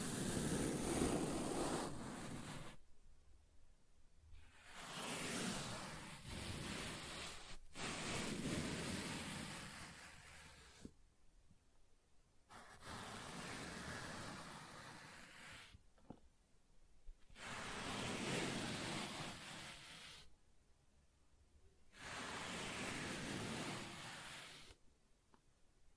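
Soft tracing over smooth and rough surfaces comes in long, even strokes of hissing friction, each lasting several seconds and separated by short silences. The strokes swell and fade gently, some grainier than others, with about six passes in total.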